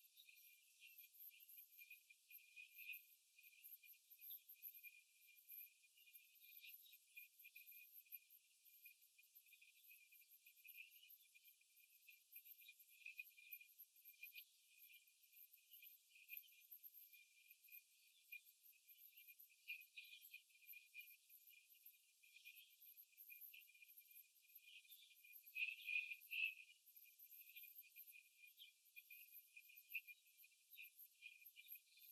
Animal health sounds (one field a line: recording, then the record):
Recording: young laying hens in a cage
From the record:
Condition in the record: after the stressor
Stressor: simulated dog barking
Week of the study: 3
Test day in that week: 2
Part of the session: 2